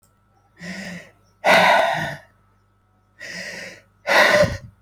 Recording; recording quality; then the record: deep breathing; excellent, no background noise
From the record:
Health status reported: healthy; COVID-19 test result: not tested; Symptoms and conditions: none ticked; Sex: male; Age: 30 years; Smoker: yes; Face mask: not worn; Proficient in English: yes